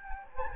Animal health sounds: mosquito wingbeat signal from an infrared sensor; Anopheles gambiae

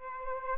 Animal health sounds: mosquito wingbeat signal from an infrared sensor; Aedes albopictus

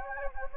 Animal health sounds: mosquito wingbeat signal from an infrared sensor; Anopheles gambiae

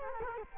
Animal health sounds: mosquito wingbeat signal from an infrared sensor; Culex quinquefasciatus

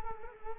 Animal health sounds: mosquito wingbeat signal from an infrared sensor; Culex quinquefasciatus

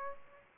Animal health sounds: mosquito wingbeat signal from an infrared sensor; Aedes aegypti

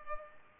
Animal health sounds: mosquito wingbeat signal from an infrared sensor; Culex pipiens

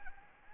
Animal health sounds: mosquito wingbeat signal from an infrared sensor; Anopheles gambiae

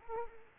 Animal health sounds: mosquito wingbeat signal from an infrared sensor; Culex pipiens

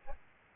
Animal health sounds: mosquito wingbeat signal from an infrared sensor; Aedes albopictus

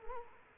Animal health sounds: mosquito wingbeat signal from an infrared sensor; Culex quinquefasciatus

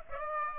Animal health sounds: mosquito wingbeat signal from an infrared sensor; Aedes aegypti

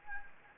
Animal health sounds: mosquito wingbeat signal from an infrared sensor; Anopheles gambiae

